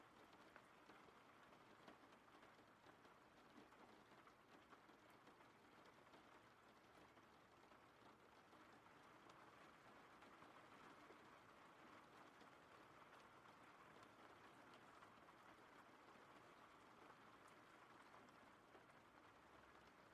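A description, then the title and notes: Rain falls steadily and densely throughout, a constant hiss with faint scattered drop ticks and a low rumble underneath, never changing in intensity. RAIN SOUNDS.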